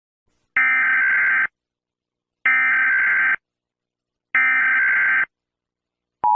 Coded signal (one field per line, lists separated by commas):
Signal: Emergency Alert System (SAME) tones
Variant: header bursts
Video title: EAS I made (not the sound)